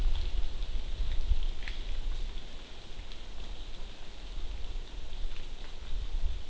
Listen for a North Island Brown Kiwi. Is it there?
no